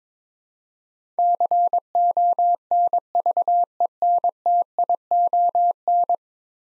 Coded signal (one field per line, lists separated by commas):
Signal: Morse code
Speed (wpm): 23 wpm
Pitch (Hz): 700 Hz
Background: none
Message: CONVENTION